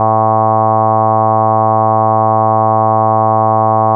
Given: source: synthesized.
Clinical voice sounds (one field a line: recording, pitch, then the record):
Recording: sustained vowel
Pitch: 110 Hz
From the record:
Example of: reference voice (G1)